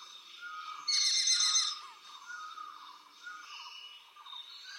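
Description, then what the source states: Frog chorus at night: a loud burst of rapid, metallic pulsed notes with ringing overtones, over a steady background of repeated chirps and short whistles. Night chorus of frogs described as metallic frogs, recorded in Colombia.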